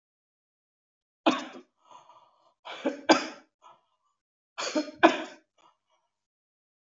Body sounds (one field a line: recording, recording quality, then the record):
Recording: shallow voluntary cough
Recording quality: excellent, no background noise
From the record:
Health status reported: healthy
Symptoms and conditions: hypertension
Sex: male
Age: 54 years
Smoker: not ticked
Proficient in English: yes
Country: India